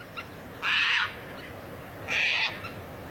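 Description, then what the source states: Caspian tern giving two short, harsh raspy screeches about a second and a half apart over a faint background hiss. Red-listed tern recorded in Ostrobothnia at about 4:15; it gave only two short raspy screeches and then was gone; conservation work in Sweden and Finland aims to help it.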